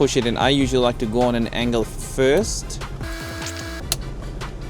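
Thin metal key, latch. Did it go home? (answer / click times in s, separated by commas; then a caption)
yes / 3.9 s. A flat metal Audi radio removal key is pushed into the release slot of the MIB head unit in a Mk7/7.5 Golf R after first going in the wrong way round without clicking. Someone talks over background music while the flipped key is angled in and pushed home. It seats with a sharp click at 3.9 s and is locked in.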